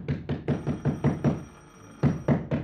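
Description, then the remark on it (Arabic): Heavy, rapid knocking on an apartment door to try to wake the people inside: a quick burst of about seven thuds, a brief pause, then a few more insistent knocks. Loud and dull, with no voices. “خبط عليهم يمكن يصحوا.”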